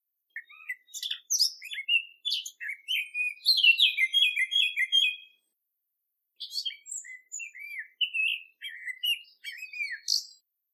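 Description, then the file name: Eurasian blackcap song: a fast, varied warble of chattering and clear whistled notes in two bursts, the first about five seconds long and the second about four, with a pause of about a second between. "capinera"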